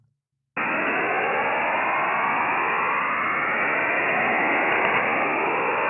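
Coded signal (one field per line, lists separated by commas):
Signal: HF data modem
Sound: brief silence, then a continuous steady rushing hiss filling the band up to 3 kHz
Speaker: this is what it's sort of like a digital encrypted message and this is from the uh the French navy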